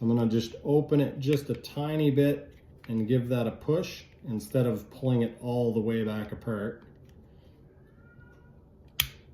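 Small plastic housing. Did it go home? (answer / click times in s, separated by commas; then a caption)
yes / 9.0 s. Someone talks while reopening the plastic case of a Sovarcate HS960D infrared thermometer slightly, because the trigger hadn't quite gone in, then pushes the trigger into place and presses the two housing halves together. After a quiet stretch, a single sharp plastic snap at 9.0 s shows the trigger and housing half seated and the case shut.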